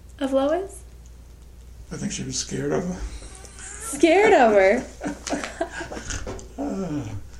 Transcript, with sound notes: of Lois?
I think she was scared of her. [laughter]
Scared of her?